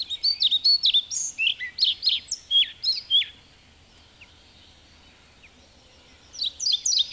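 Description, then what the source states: European Pied Flycatcher delivering a long run of high, sweet, up-and-down notes, falling silent for about three seconds before another phrase begins. Field recording from Finland, released on cassette in 1987.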